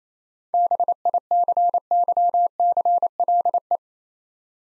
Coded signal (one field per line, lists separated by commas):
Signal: Morse code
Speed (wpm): 28 wpm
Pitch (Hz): 700 Hz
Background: none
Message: BICYCLE